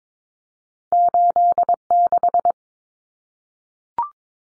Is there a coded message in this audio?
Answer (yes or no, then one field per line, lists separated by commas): yes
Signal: Morse code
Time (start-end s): 0.9-2.5 s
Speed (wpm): 22 wpm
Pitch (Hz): 700 Hz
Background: none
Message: 86